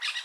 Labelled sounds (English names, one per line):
Brown-throated Parakeet contact call